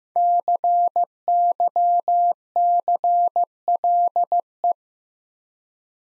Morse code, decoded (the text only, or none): CYCLE